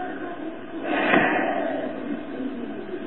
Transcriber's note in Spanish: suspiro